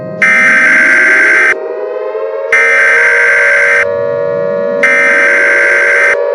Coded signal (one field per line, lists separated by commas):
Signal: Emergency Alert System (SAME) tones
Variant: header bursts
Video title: The first national purge eas scenario